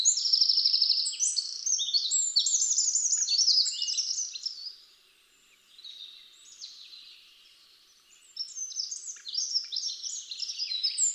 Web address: SETE Troglodytes troglodytes